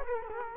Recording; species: mosquito wingbeat signal from an infrared sensor; Culex quinquefasciatus